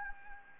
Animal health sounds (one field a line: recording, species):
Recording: mosquito wingbeat signal from an infrared sensor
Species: Anopheles gambiae